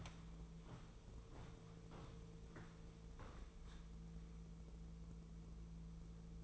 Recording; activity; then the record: daily activity, microphone in the room; walk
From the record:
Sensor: 1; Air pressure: 1005.5 hPa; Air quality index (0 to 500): 124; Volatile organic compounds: 5 ppm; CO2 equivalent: 1745 ppm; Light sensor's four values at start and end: 11/25/10/11 and 11/27/11/12